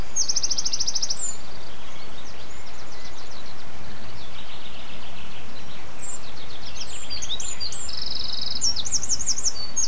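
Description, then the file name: Bird song: a high rattling trill opens, then softer chirps, ending in sharp rising and falling notes over persistent background hiss. Birdsong dated 11 04 07, recorded on an MZ-N710 device. "MZ-N 710 Chants d oiseaux 11 04 07"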